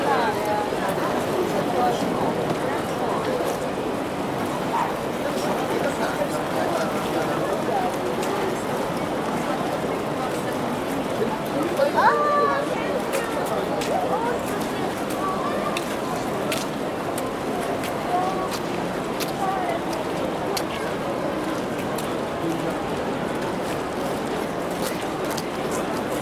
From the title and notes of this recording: A Field Recording of the Eiffel Tower. Ring in the new year with this field recording of the Eiffel Tower in Paris, France. Recorded with Zoom H2n, using X/Y Mic Set-up at 90 Degrees wide.